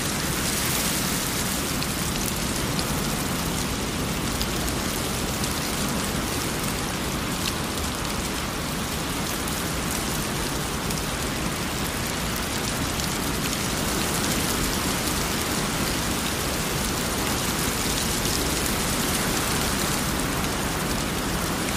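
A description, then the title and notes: Steady, dense rain falls throughout, a constant hiss of countless drops hitting a surface with no pauses or change in intensity. The sound is full, bright on top with a soft low rumble underneath, and faint pattering detail flickers through the wash. Raindrops Sounds. White Noise.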